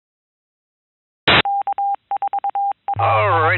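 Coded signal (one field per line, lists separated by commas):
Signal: Morse code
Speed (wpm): 22 wpm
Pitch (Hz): 800 Hz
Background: speech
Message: K4AI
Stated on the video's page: Off-air recording of the information net, monitored by a shortwave listener.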